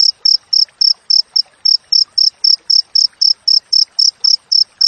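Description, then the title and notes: Cricket chirping: short, clear, high-pitched pulses repeated steadily about four times a second, with faint scattered clicks beneath. Clear wild cricket chirping with tight spacing, intended as tutor audio for training songbirds and for repelling rats. "Masteran Jangkrik Alam Jernih, Jeda Rapat Cocok Untuk Masteran Burung Dan Mengusir Tikus. suara jangkrik"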